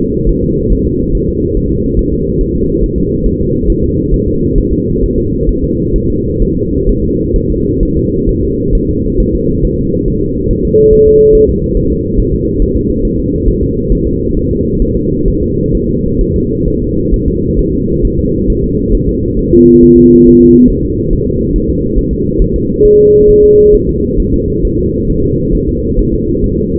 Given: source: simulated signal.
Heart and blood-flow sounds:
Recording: fetal heart sounds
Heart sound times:
0.29 s: S1
0.44 s: S2
0.72 s: S1
0.87 s: S2
1.15 s: S1
1.29 s: S2
1.57 s: S1
1.71 s: S2
1.99 s: S1
2.13 s: S2
2.41 s: S1
2.56 s: S2
2.84 s: S1
2.98 s: S2
3.26 s: S1
3.41 s: S2
3.70 s: S1
3.84 s: S2
4.14 s: S1
4.28 s: S2
4.58 s: S1
4.73 s: S2
5.03 s: S1
5.18 s: S2
5.49 s: S1
5.64 s: S2
5.96 s: S1
6.10 s: S2
6.42 s: S1
6.57 s: S2
6.89 s: S1
7.04 s: S2
7.36 s: S1
7.50 s: S2
7.83 s: S1
7.97 s: S2
8.29 s: S1
8.44 s: S2
8.75 s: S1
8.89 s: S2
9.20 s: S1
9.35 s: S2
9.65 s: S1
9.79 s: S2
10.08 s: S1
10.22 s: S2
10.51 s: S1
10.65 s: S2
10.93 s: S1
11.07 s: S2
11.35 s: S1
11.50 s: S2
11.77 s: S1
11.92 s: S2
12.20 s: S1
12.34 s: S2
12.62 s: S1
12.76 s: S2
13.05 s: S1
13.19 s: S2
13.48 s: S1
13.63 s: S2
13.92 s: S1
14.07 s: S2
14.37 s: S1
14.51 s: S2
14.82 s: S1
14.97 s: S2
15.28 s: S1
15.43 s: S2
15.75 s: S1
15.89 s: S2
16.21 s: S1
16.36 s: S2
16.68 s: S1
16.82 s: S2
17.14 s: S1
17.28 s: S2
17.59 s: S1
17.74 s: S2
18.05 s: S1
18.19 s: S2
18.50 s: S1
18.64 s: S2
18.95 s: S1
19.09 s: S2
19.39 s: S1
19.53 s: S2
19.83 s: S1
19.98 s: S2
20.27 s: S1
20.41 s: S2
20.70 s: S1
20.85 s: S2
21.13 s: S1
21.27 s: S2
21.56 s: S1
21.70 s: S2
21.99 s: S1
22.13 s: S2
22.42 s: S1
22.56 s: S2
22.85 s: S1
23.00 s: S2
23.30 s: S1
23.44 s: S2
23.75 s: S1
23.89 s: S2
24.20 s: S1
24.34 s: S2
24.65 s: S1
24.79 s: S2
25.10 s: S1
25.24 s: S2
25.55 s: S1
25.69 s: S2
25.99 s: S1
26.14 s: S2
26.44 s: S1
26.58 s: S2
From the record:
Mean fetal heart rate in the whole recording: 135 bpm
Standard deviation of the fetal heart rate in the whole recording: 3 bpm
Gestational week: 36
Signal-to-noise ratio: -14.7 dB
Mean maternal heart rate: 72 bpm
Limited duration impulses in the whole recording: present

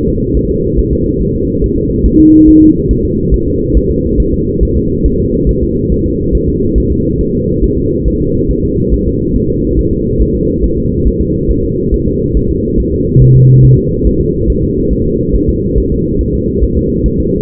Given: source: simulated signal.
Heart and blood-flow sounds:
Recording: fetal heart sounds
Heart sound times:
0.09 s: S2
0.37 s: S1
0.51 s: S2
0.79 s: S1
0.93 s: S2
1.22 s: S1
1.36 s: S2
1.64 s: S1
1.78 s: S2
2.06 s: S1
2.20 s: S2
2.49 s: S1
2.62 s: S2
2.91 s: S1
3.05 s: S2
3.34 s: S1
3.48 s: S2
3.77 s: S1
3.91 s: S2
4.20 s: S1
4.34 s: S2
4.63 s: S1
4.77 s: S2
5.06 s: S1
5.20 s: S2
5.49 s: S1
5.63 s: S2
5.92 s: S1
6.06 s: S2
6.35 s: S1
6.49 s: S2
6.78 s: S1
6.92 s: S2
7.21 s: S1
7.35 s: S2
7.64 s: S1
7.78 s: S2
8.08 s: S1
8.22 s: S2
8.51 s: S1
8.65 s: S2
8.94 s: S1
9.07 s: S2
9.36 s: S1
9.50 s: S2
9.79 s: S1
9.93 s: S2
10.22 s: S1
10.35 s: S2
10.64 s: S1
10.78 s: S2
11.07 s: S1
11.21 s: S2
11.51 s: S1
11.65 s: S2
11.94 s: S1
12.08 s: S2
12.37 s: S1
12.51 s: S2
12.80 s: S1
12.94 s: S2
13.22 s: S1
13.36 s: S2
13.65 s: S1
13.79 s: S2
14.07 s: S1
14.21 s: S2
14.50 s: S1
14.64 s: S2
14.93 s: S1
15.07 s: S2
15.35 s: S1
15.49 s: S2
15.78 s: S1
15.92 s: S2
16.21 s: S1
16.35 s: S2
16.64 s: S1
16.78 s: S2
17.06 s: S1
17.20 s: S2
From the record:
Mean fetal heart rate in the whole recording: 140 bpm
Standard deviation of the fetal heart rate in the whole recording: 2 bpm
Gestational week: 34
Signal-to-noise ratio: -10.2 dB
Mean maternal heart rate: 72 bpm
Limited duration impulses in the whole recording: present

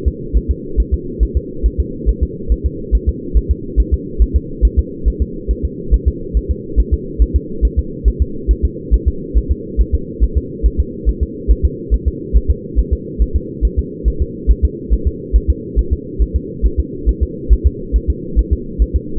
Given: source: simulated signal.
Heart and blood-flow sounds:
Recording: fetal heart sounds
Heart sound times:
0.08 s: S2
0.37 s: S1
0.51 s: S2
0.80 s: S1
0.94 s: S2
1.23 s: S1
1.37 s: S2
1.66 s: S1
1.80 s: S2
2.09 s: S1
2.23 s: S2
2.52 s: S1
2.66 s: S2
2.95 s: S1
3.09 s: S2
3.37 s: S1
3.51 s: S2
3.80 s: S1
3.94 s: S2
4.22 s: S1
4.36 s: S2
4.65 s: S1
4.79 s: S2
5.08 s: S1
5.22 s: S2
5.51 s: S1
5.65 s: S2
5.94 s: S1
6.08 s: S2
6.37 s: S1
6.51 s: S2
6.80 s: S1
6.94 s: S2
7.22 s: S1
7.36 s: S2
7.65 s: S1
7.79 s: S2
8.08 s: S1
8.22 s: S2
8.51 s: S1
8.65 s: S2
8.94 s: S1
9.08 s: S2
9.38 s: S1
9.51 s: S2
9.81 s: S1
9.95 s: S2
10.24 s: S1
10.38 s: S2
10.66 s: S1
10.80 s: S2
11.09 s: S1
11.23 s: S2
11.51 s: S1
11.65 s: S2
11.94 s: S1
12.08 s: S2
12.37 s: S1
12.50 s: S2
12.79 s: S1
12.93 s: S2
13.22 s: S1
13.36 s: S2
13.65 s: S1
13.79 s: S2
14.08 s: S1
14.22 s: S2
14.51 s: S1
14.65 s: S2
14.93 s: S1
15.07 s: S2
15.36 s: S1
15.50 s: S2
15.79 s: S1
15.93 s: S2
16.22 s: S1
16.36 s: S2
16.66 s: S1
16.80 s: S2
17.09 s: S1
17.23 s: S2
17.53 s: S1
17.66 s: S2
17.96 s: S1
18.10 s: S2
18.39 s: S1
18.53 s: S2
18.82 s: S1
18.96 s: S2
From the record:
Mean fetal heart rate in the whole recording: 140 bpm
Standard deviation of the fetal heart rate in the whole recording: 2 bpm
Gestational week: 34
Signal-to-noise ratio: -4.3 dB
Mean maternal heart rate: 72 bpm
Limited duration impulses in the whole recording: absent

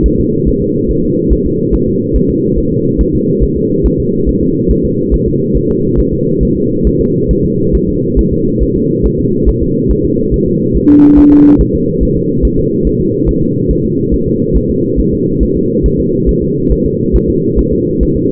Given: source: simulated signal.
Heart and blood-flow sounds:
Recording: fetal heart sounds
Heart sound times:
0.06 s: S1
0.20 s: S2
0.48 s: S1
0.62 s: S2
0.91 s: S1
1.04 s: S2
1.33 s: S1
1.46 s: S2
1.74 s: S1
1.88 s: S2
2.16 s: S1
2.30 s: S2
2.58 s: S1
2.72 s: S2
3.01 s: S1
3.15 s: S2
3.44 s: S1
3.57 s: S2
3.86 s: S1
4.00 s: S2
4.29 s: S1
4.43 s: S2
4.71 s: S1
4.85 s: S2
5.14 s: S1
5.28 s: S2
5.57 s: S1
5.70 s: S2
6.00 s: S1
6.13 s: S2
6.43 s: S1
6.57 s: S2
6.87 s: S1
7.01 s: S2
7.31 s: S1
7.45 s: S2
7.75 s: S1
7.89 s: S2
8.19 s: S1
8.33 s: S2
8.63 s: S1
8.76 s: S2
9.06 s: S1
9.20 s: S2
9.49 s: S1
9.62 s: S2
9.91 s: S1
10.05 s: S2
10.34 s: S1
10.48 s: S2
10.76 s: S1
10.90 s: S2
11.19 s: S1
11.33 s: S2
11.61 s: S1
11.75 s: S2
12.03 s: S1
12.17 s: S2
12.45 s: S1
12.59 s: S2
12.87 s: S1
13.01 s: S2
13.29 s: S1
13.43 s: S2
13.71 s: S1
13.85 s: S2
14.14 s: S1
14.28 s: S2
14.57 s: S1
14.70 s: S2
15.00 s: S1
15.13 s: S2
15.43 s: S1
15.57 s: S2
15.86 s: S1
16.00 s: S2
16.29 s: S1
16.43 s: S2
16.72 s: S1
16.86 s: S2
17.16 s: S1
17.30 s: S2
17.59 s: S1
17.73 s: S2
18.03 s: S1
18.17 s: S2
From the record:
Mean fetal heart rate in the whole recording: 140 bpm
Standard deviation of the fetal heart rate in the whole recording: 2 bpm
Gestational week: 34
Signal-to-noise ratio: -11.2 dB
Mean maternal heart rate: 72 bpm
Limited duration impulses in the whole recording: present

